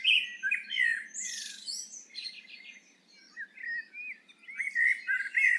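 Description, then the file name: Eurasian blackbird giving low whistled warbles mixed with squeaky, rapid high notes, phrases tumbling one after another with brief gaps. "Turdus merula"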